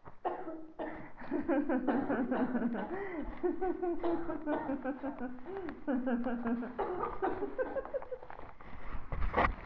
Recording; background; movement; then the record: laughter; a bystander coughing; sitting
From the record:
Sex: female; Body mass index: 36.4 kg/m2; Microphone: on the chest, facing the body